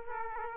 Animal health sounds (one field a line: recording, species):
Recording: mosquito wingbeat signal from an infrared sensor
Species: Aedes aegypti